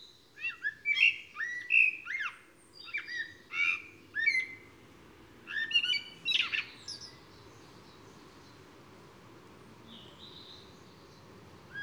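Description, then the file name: Eurasian blackbird: a series of clipped chirps and squeaky notes over about seven seconds, then near quiet with a faint call and low background hum. "Turdus merula"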